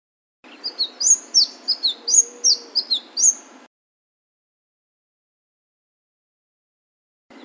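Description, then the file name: Flame-breasted sunbird singing a rapid three-second string of thin, piercing notes that rise and drop, followed by silence and the start of a new phrase. "suara kicauan burung madu matari. omkicau"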